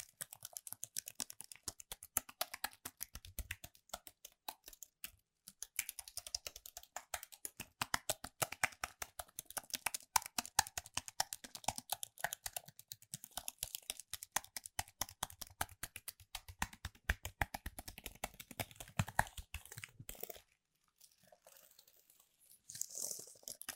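Fast, dense keyboard typing and tapping on Apple gear, crisp clicks in rapid bursts, with a brief pause near twenty seconds before tapping resumes.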